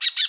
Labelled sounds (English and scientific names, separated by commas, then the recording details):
Brown-throated Parakeet (Eupsittula pertinax) contact call
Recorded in Bonaire
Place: just S of turnoff to Cai, near Lac Bay
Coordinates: 12.126, -68.239